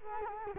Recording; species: mosquito wingbeat signal from an infrared sensor; Culex quinquefasciatus